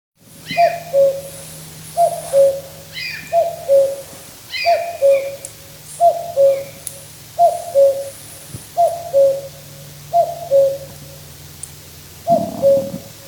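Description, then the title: Common cuckoo giving a long run of evenly spaced two-note cu-coo calls. Summer night beside a river in Finland; crisp, clear calling. "来自芬兰一个夏天的夜晚，布谷鸟在河边清脆的叫声"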